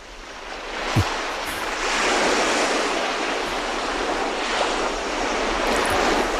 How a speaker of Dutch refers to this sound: Het geluid van je jeugd. Ja. Het geluid van de zee. Ja, in Zeeland. In Zeeland, ja.